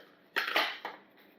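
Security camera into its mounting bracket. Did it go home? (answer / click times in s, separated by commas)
yes / 0.4 s, 0.6 s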